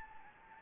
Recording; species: mosquito wingbeat signal from an infrared sensor; Anopheles gambiae